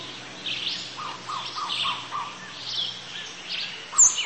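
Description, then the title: Bird singing a run of short repeated mid-pitched notes with higher chirps above, against a steady hiss of background noise. "LuckyPassaro Completos2Sama"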